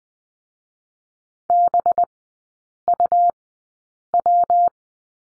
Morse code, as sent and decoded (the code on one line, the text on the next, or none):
-... ..- .--
BUW